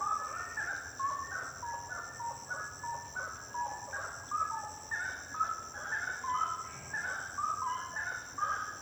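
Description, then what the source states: Birds singing a dense chorus of short whistled notes, rising and falling and overlapping continuously over a steady high drone. Birds singing at night; described as intense song.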